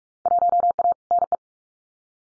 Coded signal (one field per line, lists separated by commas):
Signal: Morse code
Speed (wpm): 46 wpm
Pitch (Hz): 700 Hz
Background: none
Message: 1A NE